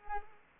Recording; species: mosquito wingbeat signal from an infrared sensor; Culex pipiens